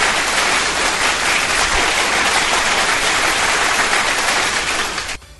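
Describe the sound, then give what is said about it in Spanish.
Sustained audience applause for a DJ, a dense crackle of many hands clapping at a steady, loud level for about five seconds before cutting off abruptly. “Un fuerte aplauso para la señorita ….”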